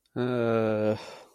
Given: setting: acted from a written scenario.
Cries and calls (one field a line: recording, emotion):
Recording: vocal sound without words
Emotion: shame